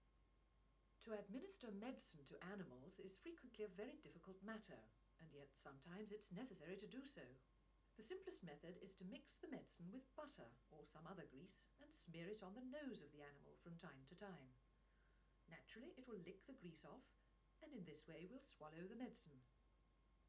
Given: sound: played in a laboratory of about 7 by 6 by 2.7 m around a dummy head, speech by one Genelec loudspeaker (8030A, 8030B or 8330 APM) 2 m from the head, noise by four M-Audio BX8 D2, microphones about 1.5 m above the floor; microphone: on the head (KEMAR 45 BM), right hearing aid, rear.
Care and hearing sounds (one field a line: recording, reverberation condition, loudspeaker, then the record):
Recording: female speech in English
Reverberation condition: low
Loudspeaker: 60 degrees to the right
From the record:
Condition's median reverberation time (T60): about 310 ms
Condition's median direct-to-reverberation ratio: about 3.5 dB